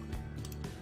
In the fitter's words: 箱翻到内侧来，这里有个凸，那内侧有个洞，把它给扣上去，这样